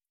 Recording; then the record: hydrophone in a shrimp aquaculture tank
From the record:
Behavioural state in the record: feeding